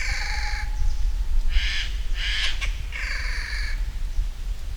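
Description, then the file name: Eurasian jay giving four rasping, harsh screeches in quick succession, each under a second long, over a steady low rumble of background noise. "Garrulus glandarius"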